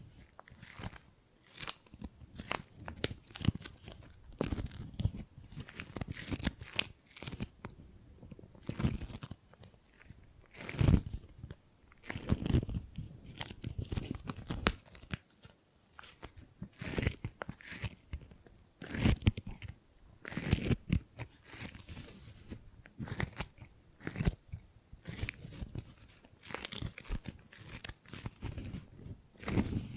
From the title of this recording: Gripping and Grabbing Sounds